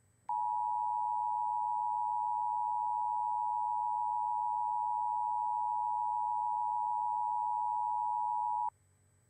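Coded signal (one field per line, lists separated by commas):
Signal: Emergency Alert System (SAME) tones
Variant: 853 and 960 Hz attention tone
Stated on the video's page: Required Monthly Test audio produced by an EASyPLUS unit.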